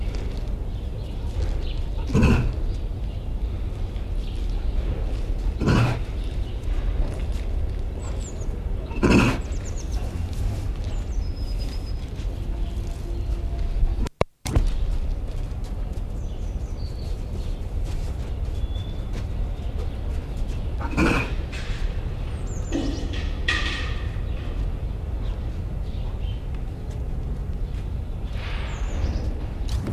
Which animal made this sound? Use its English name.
Tiger